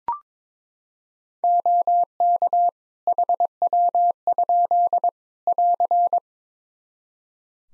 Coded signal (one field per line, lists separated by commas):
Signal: Morse code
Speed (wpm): 22 wpm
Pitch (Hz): 700 Hz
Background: none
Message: OK HW? <AR>